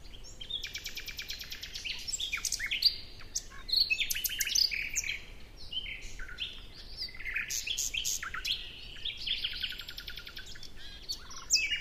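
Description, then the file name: Common nightingale song, dense stream of rapid trills and chirps with short sharp notes, phrases running almost continuously over a low background hiss. "Luscinia megarhynchos"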